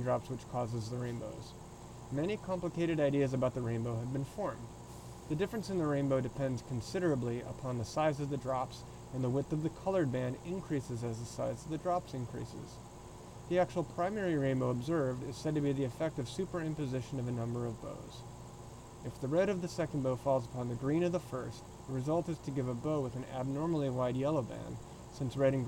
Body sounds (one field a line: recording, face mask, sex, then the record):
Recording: reading aloud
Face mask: surgical mask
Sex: male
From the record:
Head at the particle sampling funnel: tilted up or above it, chin in front of it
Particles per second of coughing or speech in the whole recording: 0.19